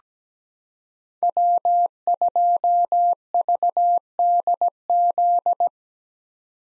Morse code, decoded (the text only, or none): W2VDZ